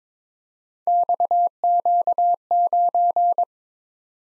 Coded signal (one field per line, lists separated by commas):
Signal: Morse code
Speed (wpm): 22 wpm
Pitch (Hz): 700 Hz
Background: none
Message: XQ9